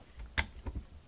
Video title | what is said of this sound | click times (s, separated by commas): PREMIER WATER FILTER—HOW TO CHANGE THE CARTRIDGE | Okay, that one clicked in. | 0.4 s